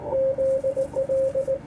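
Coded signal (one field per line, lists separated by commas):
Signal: Morse code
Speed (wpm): 19 wpm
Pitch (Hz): 530 Hz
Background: radio noise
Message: ZL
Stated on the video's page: 80 metre CW sent by a club station at a field day contest.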